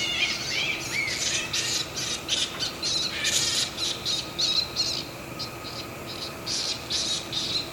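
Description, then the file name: Flying fox giving harsh, raspy squawks in quick irregular bursts, some overlapping, continuing throughout with brief pauses between clusters. Recorded at Itoman, Oshiro, on 7 October 2021. "okomori itoman oshiro"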